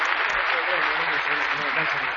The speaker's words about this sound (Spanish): Dámelo fuerte aplauso a Jesucristo. Dios te bendiga. ¡Fuerte el aplauso a Jesús!